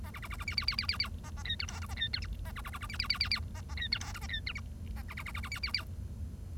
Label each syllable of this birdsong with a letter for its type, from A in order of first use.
A B B B B C C C C C C A A D E F G A D E H A B B B B C C C C C A A D E F G A D E H A B B B B B C C C